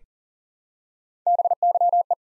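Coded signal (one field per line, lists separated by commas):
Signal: Morse code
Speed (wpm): 43 wpm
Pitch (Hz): 700 Hz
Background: none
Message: BYE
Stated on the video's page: Morse Code Ninja practice set at 40 wpm building 3-letter words one letter at a time, for instant character recognition training.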